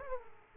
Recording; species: mosquito wingbeat signal from an infrared sensor; Aedes aegypti